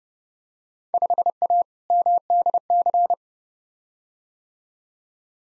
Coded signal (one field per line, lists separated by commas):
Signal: Morse code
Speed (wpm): 32 wpm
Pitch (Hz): 700 Hz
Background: none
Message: 5A MDC